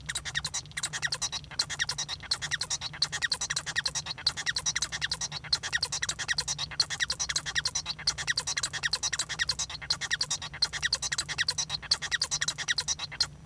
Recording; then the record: song of a male Bengalese finch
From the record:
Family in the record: son of father 1